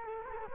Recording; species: mosquito wingbeat signal from an infrared sensor; Culex quinquefasciatus